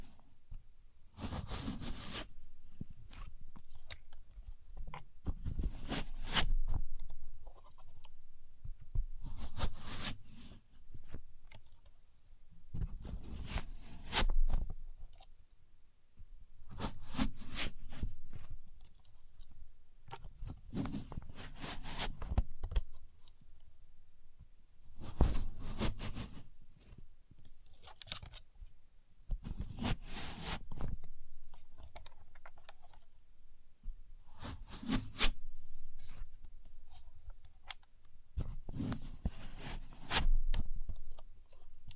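A contour gauge in use, its pins clattering and sliding in short scraping bursts that repeat roughly every four seconds. Each burst is a bright rattling rush with a dull thump underneath, separated by quieter gaps of soft handling noise.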